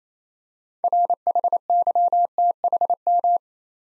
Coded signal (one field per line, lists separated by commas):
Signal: Morse code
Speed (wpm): 27 wpm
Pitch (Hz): 700 Hz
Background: none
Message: RHYTHM